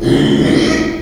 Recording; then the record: squeal of a Yucatan mini pig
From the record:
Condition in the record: after surgery on the right vocal fold (resection and tissue-engineered implant); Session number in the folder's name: 2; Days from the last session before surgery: 13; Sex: male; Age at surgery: 12 weeks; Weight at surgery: 13 kg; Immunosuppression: cyclosporine, prednisolone